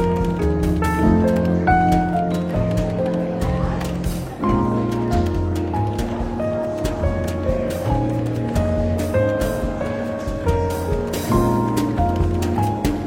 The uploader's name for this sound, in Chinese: 伦敦书店咖啡馆轻微喧闹氛围与柔和轻松的爵士背景音乐